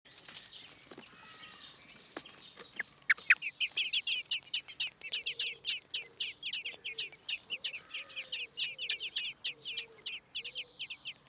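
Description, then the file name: Common blackbird calls, a dense run of sharp, high chinking notes, quickly repeated. "Turdus merula"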